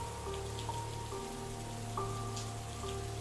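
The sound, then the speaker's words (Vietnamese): Steady rain hisses without pause, with scattered drops pattering on a surface and a faint low hum running underneath. No one speaks. “Bọn trẻ chúng tôi vừa chạy dưới mưa, vừa đọc lên bài đồng giao đó.”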